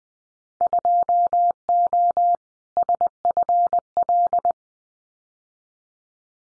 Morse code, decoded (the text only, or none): 2O SFL